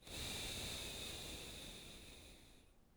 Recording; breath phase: one breath near a microphone; exhalation